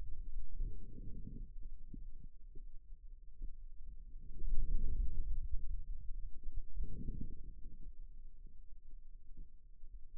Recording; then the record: forearm muscle sounds (acoustic myography)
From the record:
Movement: hand closing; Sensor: system 2, bracelet of six BSWA MPA416 microphones around the upper forearm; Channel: 5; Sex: male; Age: 22 years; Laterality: right